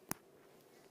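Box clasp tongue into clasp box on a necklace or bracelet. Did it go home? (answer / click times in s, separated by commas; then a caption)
yes / 0.1 s. A solid box clasp on a necklace or bracelet is closed by pushing its tongue into the clasp box, which produces a single sharp, bright click at 0.1 s. The clasp clicks shut and is seated, a sign that the jewellery is safe, and only faint low background noise follows.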